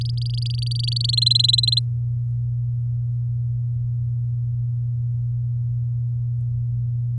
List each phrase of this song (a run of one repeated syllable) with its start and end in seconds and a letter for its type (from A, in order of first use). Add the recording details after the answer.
0.01-1.11 A, 1.13-1.79 B. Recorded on 10 May 2018 at 17:26. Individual llb16